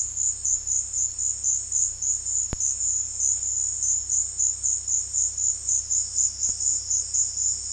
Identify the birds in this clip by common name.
none